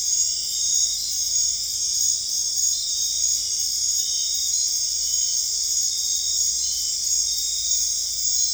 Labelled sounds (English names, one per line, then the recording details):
none
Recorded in dense forest near Puerto Asís, Putumayo, Colombia, on 26 December 2024 at 21:00
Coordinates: 0.485, -76.318
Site GP03